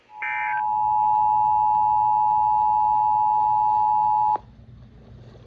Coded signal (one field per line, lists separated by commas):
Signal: Emergency Alert System (SAME) tones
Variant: 853 and 960 Hz attention tone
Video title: Weekly Tests & A Few Civil Alerts (EAS #1418-#1427)